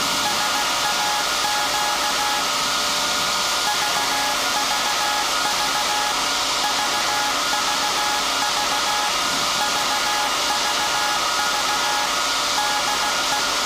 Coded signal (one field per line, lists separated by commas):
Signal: Morse code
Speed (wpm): 16 wpm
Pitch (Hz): 840 Hz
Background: none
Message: SAQ VVV VVV VVV DE